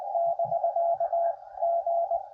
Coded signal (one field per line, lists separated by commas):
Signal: Morse code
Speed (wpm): 22 wpm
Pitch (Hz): 680 Hz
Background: radio noise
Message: <BK> G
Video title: QRP CW POTA US-3064